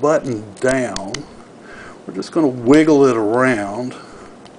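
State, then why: Not seated. A Proconnect3 push button is held down against the bail of a quick-connect coupler body and wiggled around while someone talks, with soft handling noises underneath. Nothing has seated or clicked into place yet.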